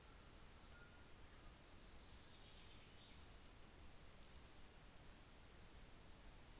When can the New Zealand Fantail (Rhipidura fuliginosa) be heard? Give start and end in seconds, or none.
0.07-1.14